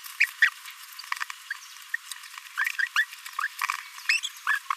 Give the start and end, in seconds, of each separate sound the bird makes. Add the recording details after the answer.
0.42-0.45, 2.78-2.87, 2.96-3.05, 3.41-3.47, 4.09-4.20, 4.23-4.28, 4.47-4.58. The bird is a male. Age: 26 days. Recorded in a nest box in Venezuela. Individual 17B42A3